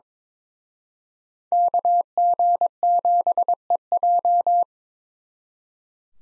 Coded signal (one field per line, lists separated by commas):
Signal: Morse code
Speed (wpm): 26 wpm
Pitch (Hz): 700 Hz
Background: none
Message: KG7EJ